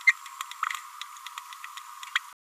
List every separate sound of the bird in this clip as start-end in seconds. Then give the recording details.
0.07-0.11. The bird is a male. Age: 26 days. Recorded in a nest box in Venezuela. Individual 17B31A1